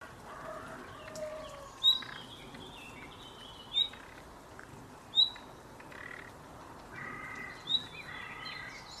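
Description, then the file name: Common nightingale song: four brief high whistles at uneven intervals, with quieter chirps and trills between. "Luscinia megarhynchos"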